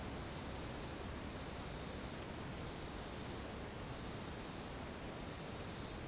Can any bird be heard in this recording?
no